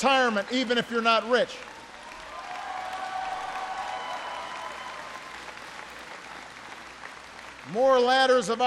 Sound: applause

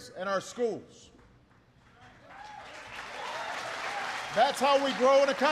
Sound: applause

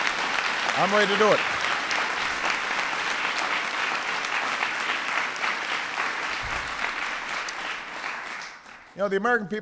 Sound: applause

